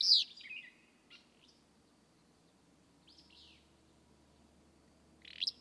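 Willow flycatcher song, a short, loud, sneezy burst at the start and another near the end, with a few fainter high chirps between them.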